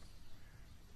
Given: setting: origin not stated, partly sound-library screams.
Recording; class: one-second piece from a danger detection set; normal situation